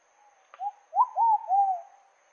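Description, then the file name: Pigeon song: a sharp click, a soft short coo, then three louder, slurred coos, the last drawn out. Song of the pigeon known locally as pomba botafogo. "canto da pomba botafogo"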